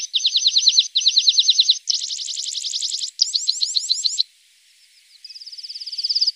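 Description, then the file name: Lark song: several rapid high trilled phrases, then a short silence and a fine, thin trill that swells in loudness. Masteran training recording for larks. "masteran untuk lark"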